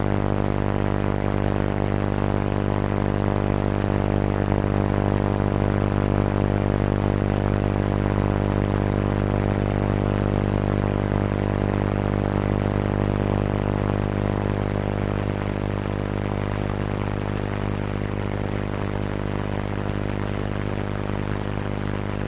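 Radio interference: a steady, unchanging buzz made of a low hum with many stacked tones above it, under a layer of grainy hiss. The level holds flat for the whole stretch, with no breaks, pulses or separate events.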